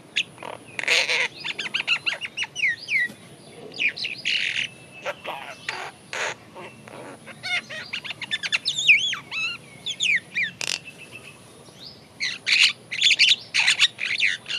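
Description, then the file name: Great myna giving a varied medley of sharp chirps, rasping squawks and looping whistled phrases, rhythm irregular, with several harsh notes toward the end. "Acridotheres grandis"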